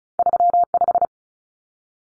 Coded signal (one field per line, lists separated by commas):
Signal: Morse code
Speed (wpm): 36 wpm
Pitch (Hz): 700 Hz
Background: none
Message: 35